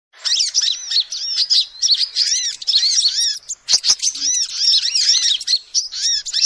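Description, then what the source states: Lovebird chatter: dense, shrill squeaky notes, many arched and repeated rapidly with hardly a pause, with a few sharp clicks near the middle. Lovebird calls used as a lure to trap birds.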